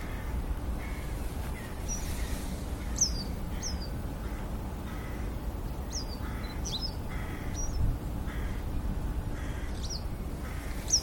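Western yellow wagtail uttering sharp, high, downslurred chirps at irregular intervals, with soft lower notes between and a steady low rumble.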